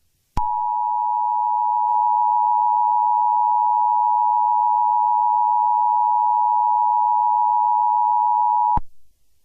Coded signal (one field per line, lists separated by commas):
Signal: Emergency Alert System (SAME) tones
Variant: 853 and 960 Hz attention tone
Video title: EAS Scenario #13: T-Rex Rampage & Escape